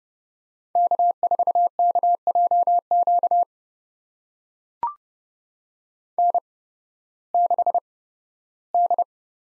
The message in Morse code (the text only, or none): K4KJQ N6D